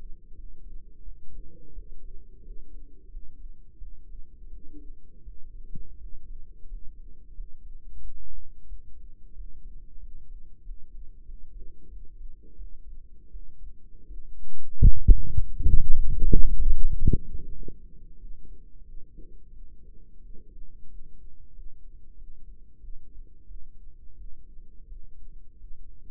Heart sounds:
heart sounds by microphone in the right ear; 88 bpm
0.33 s: heartbeat
1.01 s: heartbeat
1.71 s: heartbeat
2.40 s: heartbeat
3.07 s: heartbeat
3.76 s: heartbeat
4.47 s: heartbeat
5.21 s: heartbeat
5.96 s: heartbeat
6.65 s: heartbeat
7.32 s: heartbeat
7.99 s: heartbeat
8.66 s: heartbeat
9.33 s: heartbeat
9.98 s: heartbeat
10.61 s: heartbeat
11.23 s: heartbeat
11.87 s: heartbeat
12.54 s: heartbeat
13.29 s: heartbeat
14.05 s: heartbeat
14.75 s: heartbeat
15.42 s: heartbeat
16.11 s: heartbeat
16.79 s: heartbeat
17.49 s: heartbeat
18.16 s: heartbeat
18.82 s: heartbeat
19.50 s: heartbeat
20.18 s: heartbeat
20.86 s: heartbeat
21.51 s: heartbeat
22.14 s: heartbeat
22.78 s: heartbeat
23.44 s: heartbeat
24.14 s: heartbeat
24.85 s: heartbeat
25.55 s: heartbeat
From the record:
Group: healthy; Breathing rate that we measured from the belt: 16 breaths a minute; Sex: male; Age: 21 years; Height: 180 cm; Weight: 67.5 kg

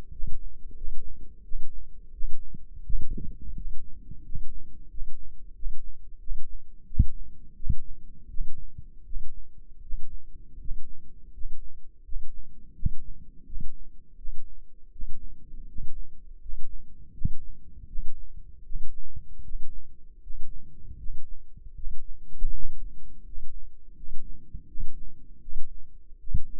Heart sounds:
heart sounds by microphone in the left ear; 83 bpm
0.12 s: heartbeat
0.76 s: heartbeat
1.43 s: heartbeat
2.12 s: heartbeat
2.83 s: heartbeat
3.55 s: heartbeat
4.24 s: heartbeat
4.89 s: heartbeat
5.54 s: heartbeat
6.19 s: heartbeat
6.86 s: heartbeat
7.55 s: heartbeat
8.29 s: heartbeat
9.04 s: heartbeat
9.81 s: heartbeat
10.59 s: heartbeat
11.32 s: heartbeat
12.03 s: heartbeat
12.74 s: heartbeat
13.45 s: heartbeat
14.16 s: heartbeat
14.91 s: heartbeat
15.67 s: heartbeat
16.40 s: heartbeat
17.12 s: heartbeat
17.87 s: heartbeat
18.63 s: heartbeat
19.42 s: heartbeat
20.21 s: heartbeat
20.97 s: heartbeat
21.74 s: heartbeat
22.51 s: heartbeat
23.23 s: heartbeat
23.94 s: heartbeat
24.66 s: heartbeat
25.40 s: heartbeat
26.18 s: heartbeat
From the record:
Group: healthy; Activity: rest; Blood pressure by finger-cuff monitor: 108/67 mmHg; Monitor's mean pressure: 77 mmHg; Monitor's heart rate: 82 bpm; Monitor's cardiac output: 6.5 L/min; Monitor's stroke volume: 81 mL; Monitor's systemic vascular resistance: 830 dyn s/cm5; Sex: male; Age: 35 years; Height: 180 cm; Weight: 86.9 kg

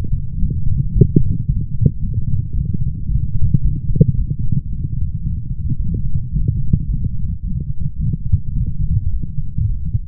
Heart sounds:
heart sounds by stethoscope; 110 bpm
0.41 s: heartbeat
0.95 s: heartbeat
1.48 s: heartbeat
2.02 s: heartbeat
2.56 s: heartbeat
3.10 s: heartbeat
3.63 s: heartbeat
4.17 s: heartbeat
4.71 s: heartbeat
5.25 s: heartbeat
5.79 s: heartbeat
6.33 s: heartbeat
6.88 s: heartbeat
7.43 s: heartbeat
7.99 s: heartbeat
8.55 s: heartbeat
9.12 s: heartbeat
9.69 s: heartbeat
From the record:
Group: healthy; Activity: light exercise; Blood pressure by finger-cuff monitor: 159/73 mmHg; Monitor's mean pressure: 98 mmHg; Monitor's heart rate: 111 bpm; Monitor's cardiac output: 9 L/min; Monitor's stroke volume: 80 mL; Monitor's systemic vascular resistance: 790 dyn s/cm5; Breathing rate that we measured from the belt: 22 breaths a minute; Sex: male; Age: 21 years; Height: 175 cm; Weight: 72.6 kg

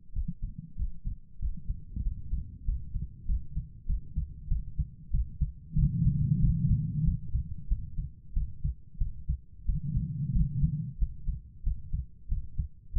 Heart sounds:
heart sounds by stethoscope; 94 bpm
0.11 s: heartbeat
0.75 s: heartbeat
1.38 s: heartbeat
2.01 s: heartbeat
2.63 s: heartbeat
3.25 s: heartbeat
3.85 s: heartbeat
4.47 s: heartbeat
5.10 s: heartbeat
5.74 s: heartbeat
6.39 s: heartbeat
7.03 s: heartbeat
7.67 s: heartbeat
8.32 s: heartbeat
8.97 s: heartbeat
9.64 s: heartbeat
10.31 s: heartbeat
10.97 s: heartbeat
11.62 s: heartbeat
12.27 s: heartbeat
12.92 s: heartbeat
From the record:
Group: healthy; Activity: breath hold 0-3 s, rest 3-13 s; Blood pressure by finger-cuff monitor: 122/73 mmHg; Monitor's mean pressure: 91 mmHg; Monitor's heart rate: 94 bpm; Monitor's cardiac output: 7.2 L/min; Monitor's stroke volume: 77 mL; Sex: female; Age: 32 years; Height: 172 cm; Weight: 71.7 kg

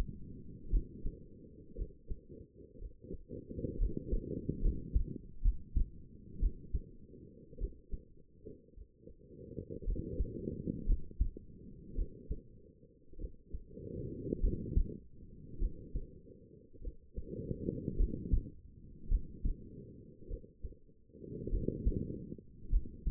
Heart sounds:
heart sounds by stethoscope; 55 bpm
0.71 s: heartbeat
1.76 s: heartbeat
2.79 s: heartbeat
3.79 s: heartbeat
4.62 s: heartbeat
5.43 s: heartbeat
6.40 s: heartbeat
7.59 s: heartbeat
8.75 s: heartbeat
9.85 s: heartbeat
10.87 s: heartbeat
11.96 s: heartbeat
13.19 s: heartbeat
14.41 s: heartbeat
15.59 s: heartbeat
16.82 s: heartbeat
17.97 s: heartbeat
19.09 s: heartbeat
20.28 s: heartbeat
21.50 s: heartbeat
22.70 s: heartbeat
From the record:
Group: healthy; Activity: rest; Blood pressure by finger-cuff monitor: 105/64 mmHg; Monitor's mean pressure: 76 mmHg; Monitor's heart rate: 55 bpm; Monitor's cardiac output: 5.2 L/min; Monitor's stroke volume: 92 mL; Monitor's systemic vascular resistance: 1050 dyn s/cm5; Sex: female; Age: 28 years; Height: 170 cm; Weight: 77 kg

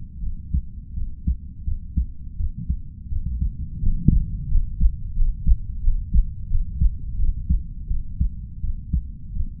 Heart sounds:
heart sounds by stethoscope; 85 bpm
0.20 s: heartbeat
0.94 s: heartbeat
1.64 s: heartbeat
2.36 s: heartbeat
3.08 s: heartbeat
3.79 s: heartbeat
4.48 s: heartbeat
5.14 s: heartbeat
5.80 s: heartbeat
6.47 s: heartbeat
7.16 s: heartbeat
7.87 s: heartbeat
8.60 s: heartbeat
9.32 s: heartbeat
From the record:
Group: healthy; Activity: cold pressor test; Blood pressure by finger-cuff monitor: 117/68 mmHg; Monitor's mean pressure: 82 mmHg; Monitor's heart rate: 85 bpm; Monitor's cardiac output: 6.4 L/min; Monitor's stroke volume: 75 mL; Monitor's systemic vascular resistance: 940 dyn s/cm5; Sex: female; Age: 32 years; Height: 168 cm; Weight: 61.9 kg

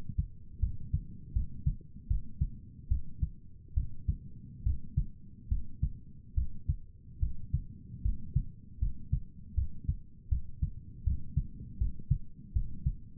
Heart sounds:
heart sounds by stethoscope; 75 bpm
0.61 s: heartbeat
1.35 s: heartbeat
2.09 s: heartbeat
2.90 s: heartbeat
3.76 s: heartbeat
4.65 s: heartbeat
5.50 s: heartbeat
6.36 s: heartbeat
7.21 s: heartbeat
8.04 s: heartbeat
8.81 s: heartbeat
9.56 s: heartbeat
10.30 s: heartbeat
11.05 s: heartbeat
11.80 s: heartbeat
12.55 s: heartbeat
From the record:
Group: healthy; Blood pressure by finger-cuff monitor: 131/74 mmHg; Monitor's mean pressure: 88 mmHg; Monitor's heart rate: 75 bpm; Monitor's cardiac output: 7.1 L/min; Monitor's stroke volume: 95 mL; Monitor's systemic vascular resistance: 920 dyn s/cm5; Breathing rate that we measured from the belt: 18 breaths a minute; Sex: male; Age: 19 years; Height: 178 cm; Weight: 83 kg

